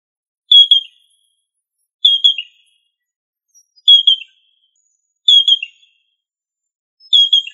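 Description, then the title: Rail calling with five sharp, high whistled phrases that slur downward at the end, spaced out against silence. "Familia Rallidae"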